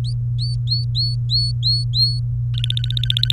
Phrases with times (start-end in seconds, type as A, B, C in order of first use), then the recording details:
0.05-0.13 A, 0.39-2.20 A, 2.54-3.32 B. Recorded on 23 April 2018 at 16:05. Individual llb3